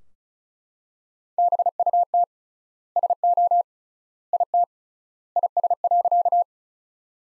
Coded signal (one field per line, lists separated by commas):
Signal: Morse code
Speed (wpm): 36 wpm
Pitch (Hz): 700 Hz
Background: none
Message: BUT SO IT IS.